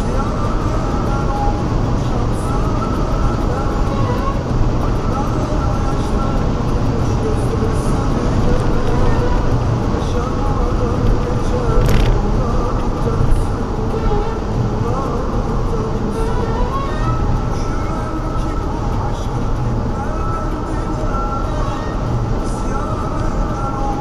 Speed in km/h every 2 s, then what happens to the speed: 163, 163, 163, 162, 161, 156, 150, 146, 143, 140, 141, 142.
0-24 slows to 142.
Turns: none.